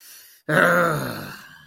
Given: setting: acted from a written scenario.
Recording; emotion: vocal sound without words; anger